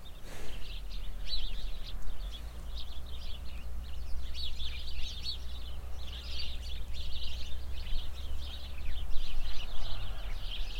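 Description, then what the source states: Sparrow chorus of short, bright chirps in bursts, over strong gusty wind rumble. Flock of sparrows in a bush near a cow pasture, Hupperdange, windy summer morning.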